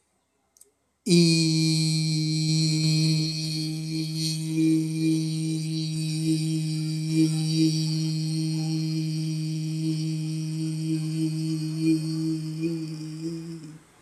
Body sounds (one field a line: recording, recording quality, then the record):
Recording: sustained vowel as in beet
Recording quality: excellent, no background noise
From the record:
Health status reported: COVID-19 positive, mild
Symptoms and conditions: cough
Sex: male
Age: 26 years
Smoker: not ticked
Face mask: not worn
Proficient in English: yes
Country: India